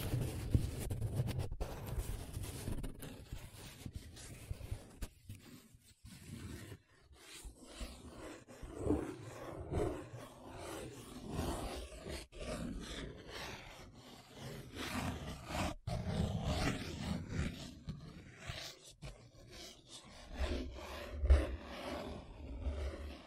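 Paper being rubbed, traced and scratched in a continuous, uneven rustle. Dense gritty strokes swell and fade in irregular bursts, with low scraping rumbles, brief silent gaps near 6 and 16 seconds, and a sharper scrape around 21 seconds.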